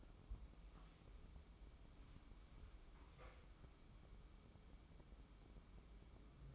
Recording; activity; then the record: daily activity, microphone in the room; wipe stove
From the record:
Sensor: 1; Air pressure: 996.1 hPa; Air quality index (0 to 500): 76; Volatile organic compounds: 4 ppm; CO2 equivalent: 1600 ppm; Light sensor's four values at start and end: 30/106/40/41 and 29/105/40/41